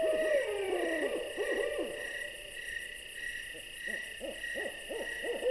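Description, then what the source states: Owl with a falling whinny followed by several arched notes, then after a pause a second series of short notes, insects chirping throughout. An owl paying a visit.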